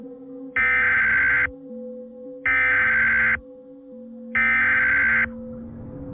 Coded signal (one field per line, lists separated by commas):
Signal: Emergency Alert System (SAME) tones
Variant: header bursts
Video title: [2024 REUPLOAD] THE LAST SEASON- EAS SCENARIO